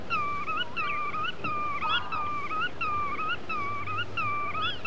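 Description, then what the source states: Godwit song: repeated ringing whistled phrases at a steady pace over a low background rumble. Wader whose song sounds like 'veretyen, veretyen', the origin of its Russian name; central Russia.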